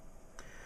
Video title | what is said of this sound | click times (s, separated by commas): Samsung Gear S Review | You can hear it click. It's very tight. | 0.4 s